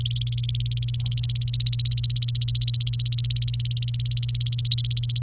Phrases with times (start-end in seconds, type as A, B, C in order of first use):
0.00-5.22 A